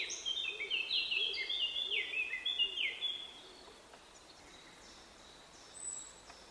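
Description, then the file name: Eurasian blackcap song, a quick jumbled warble of rising and falling notes lasting about three seconds, with a faint lower burbling call beneath and a thin whistle afterward. "Sylvia atricapilla"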